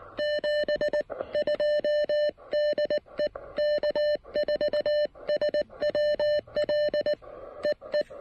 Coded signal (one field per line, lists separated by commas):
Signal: Morse code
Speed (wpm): 19 wpm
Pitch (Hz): 600 Hz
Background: none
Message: 72 DE K4SWL E E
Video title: A Little Lunch, Little Radio, and Little Antenna--Pairing the Elecraft KX1 & AX1 for Some QRP POTA!